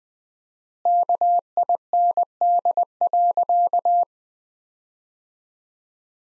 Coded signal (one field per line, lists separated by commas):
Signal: Morse code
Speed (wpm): 20 wpm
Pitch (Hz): 700 Hz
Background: none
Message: KIND.